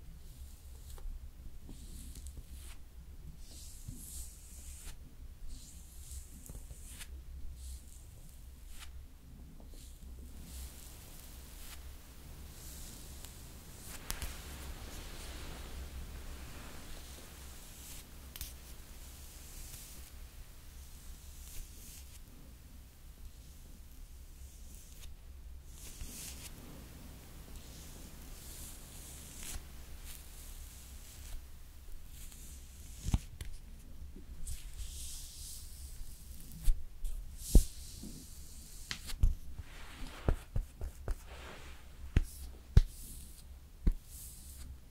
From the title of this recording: Slowly Doing Your Makeup with Personal Attention